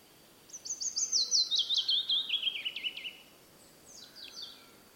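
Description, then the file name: Willow warbler song, a liquid run of whistled notes that drops gradually in pitch over nearly three seconds, followed by a few faint high chips. "piecuszek Phylloscopus trochilus"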